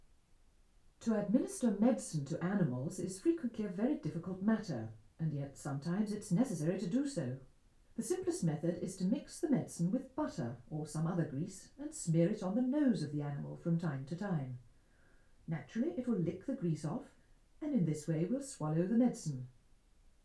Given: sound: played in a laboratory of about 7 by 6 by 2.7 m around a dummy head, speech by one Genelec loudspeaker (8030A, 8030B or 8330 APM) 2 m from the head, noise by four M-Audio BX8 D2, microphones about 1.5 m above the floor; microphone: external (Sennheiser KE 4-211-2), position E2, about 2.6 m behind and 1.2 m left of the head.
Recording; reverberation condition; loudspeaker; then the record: female speech in English; low; behind (180 degrees)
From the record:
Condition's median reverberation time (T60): about 310 ms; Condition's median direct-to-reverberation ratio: about 3.5 dB